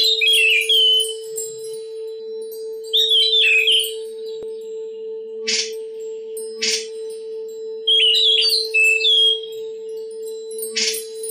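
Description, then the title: Oriental magpie-robin song in three bursts of twisting whistled notes, broken by sharp scratchy rasps; a low hum runs throughout. "Kicau Kacer Durasi Panjang 1jam Lebih"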